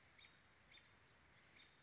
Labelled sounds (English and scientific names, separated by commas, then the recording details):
Western Flycatcher (Empidonax difficilis)
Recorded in Sonoma County, California